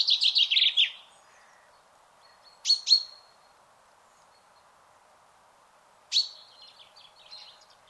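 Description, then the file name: Common chaffinch calls: a fast descending trill of sharp notes opens, then a pair of short, bright, metallic notes, and another single note later, with a steady low hum underneath. "Fringilla coelebs"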